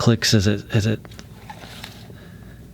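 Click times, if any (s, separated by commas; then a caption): 1.8 s. Someone talks briefly, then the metal cap of an ST Dupont D Line fountain pen is pushed onto the front of the pen as a compression fit. A faint tick comes at 1.5 s, followed by a slight, sharp click or snap at 1.8 s as the cap seats onto the pen body.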